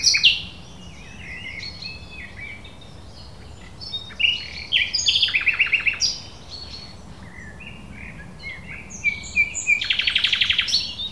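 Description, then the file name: Common nightingale singing varied phrases of sharp chirps, clicks and rapid rattling trills, separated by short pauses. "Luscinia megarhynchos"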